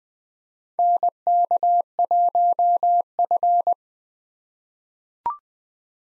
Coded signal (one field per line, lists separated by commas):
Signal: Morse code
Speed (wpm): 20 wpm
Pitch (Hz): 700 Hz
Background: none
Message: NK1F